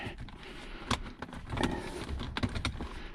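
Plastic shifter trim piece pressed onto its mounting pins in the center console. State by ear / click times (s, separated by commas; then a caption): seated / 2.4 s, 2.6 s. The plastic shifter trim piece of a 2002–2006 first-generation MINI Cooper S is lined up so its pins go into the holes in the center console, one hole bigger than the other, then pressed down by hand. Light plastic handling rustles and taps come first, then two sharp snaps at 2.4 and 2.7 seconds as the trim seats in place.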